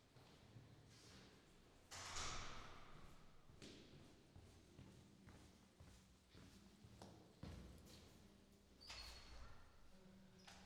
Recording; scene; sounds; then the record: everyday scene through a hearing-aid microphone; reverberant space; speech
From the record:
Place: staircase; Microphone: in the ear canal, left